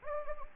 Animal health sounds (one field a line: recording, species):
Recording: mosquito wingbeat signal from an infrared sensor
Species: Anopheles gambiae